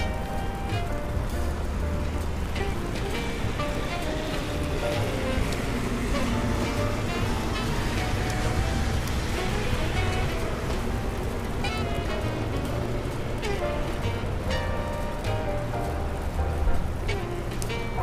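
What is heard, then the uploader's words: Rain falls on a New York street, a steady dense patter with frequent sharp drips and taps throughout. A low engine rumble holds underneath, rising and falling as traffic passes, and faint voices come and go in the background. Raining Day In New York.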